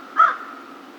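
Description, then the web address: American crow giving a single short harsh caw. Recorded 2 March 2010. "Crow 2010 03 02 American Crow 03"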